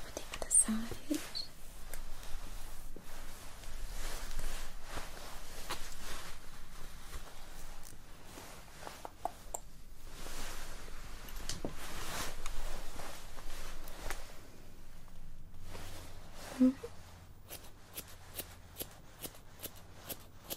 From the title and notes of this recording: ASMR Hair Salon Experience Colour Cut & Styling Layered Sounds.